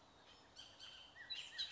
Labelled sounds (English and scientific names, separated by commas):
Bullock's Oriole (Icterus bullockii)